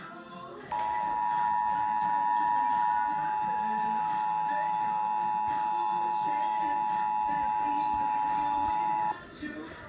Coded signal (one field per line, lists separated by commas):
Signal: Emergency Alert System (SAME) tones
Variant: 853 and 960 Hz attention tone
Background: speech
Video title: EAS #74 Illinois Commincations Drill